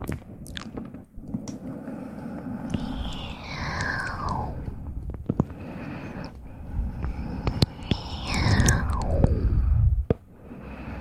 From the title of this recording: ASMR whisper ramble +mouth sounds +mic scratching